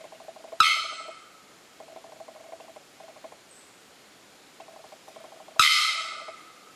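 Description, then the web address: Bearded bellbird producing two explosive, clanging bock calls about five seconds apart, with soft rapid tapping notes in between. "sound bearded-bellbird. صدای-پرنده-زنگمرغ-ریشدار"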